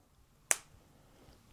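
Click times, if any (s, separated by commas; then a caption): 0.5 s. A plastic wedge, the terminal position lock, is pressed down into a crimp connector housing during an LA-120 DECwriter III modification. A single sharp, bright click sounds at 0.5 s and decays quickly over a quiet background. The wedge lock is seated home with a firm, positive click.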